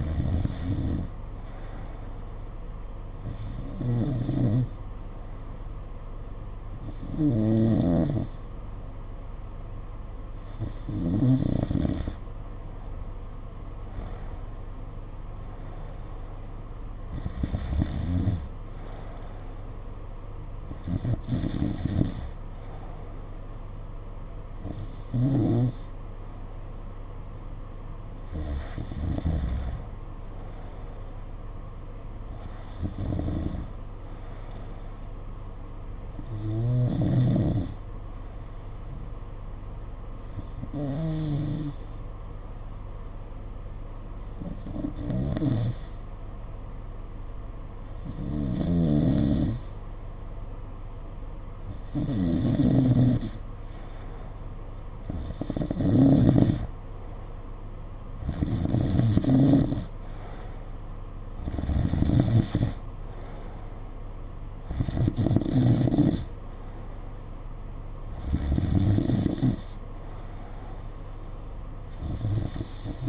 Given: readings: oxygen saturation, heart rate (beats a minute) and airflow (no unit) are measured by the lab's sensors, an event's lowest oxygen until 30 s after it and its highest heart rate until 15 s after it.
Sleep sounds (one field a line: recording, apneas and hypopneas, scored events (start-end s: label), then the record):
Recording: breathing in sleep by a smartphone at the bedside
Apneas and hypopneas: 1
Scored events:
37.00-53.70 s: hypopnea (N2, oxygen 91% highest, then 88% lowest, heart rate 54 at the start, 62 highest)
From the record:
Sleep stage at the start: N2 (light sleep)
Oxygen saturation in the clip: 88 to 91%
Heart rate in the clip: 53 to 62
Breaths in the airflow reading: 20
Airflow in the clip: -6.0 to 5.4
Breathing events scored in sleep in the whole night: 476 in 9.7 hours asleep